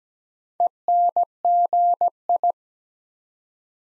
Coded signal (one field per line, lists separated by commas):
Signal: Morse code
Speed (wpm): 17 wpm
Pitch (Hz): 700 Hz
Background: none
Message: ENGI